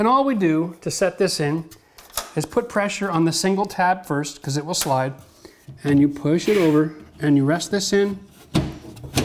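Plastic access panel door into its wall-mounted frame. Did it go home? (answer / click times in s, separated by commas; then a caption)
yes / 8.6 s, 9.2 s. A plastic drywall access panel door is set into its wall-mounted frame by pressing on the single tab first, then pushing it over and resting it in while someone talks. Sharp snaps at 8.6 s and 9.2 s mark the door snapping into the frame, seated in place.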